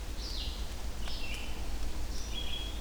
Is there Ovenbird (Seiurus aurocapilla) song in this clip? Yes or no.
no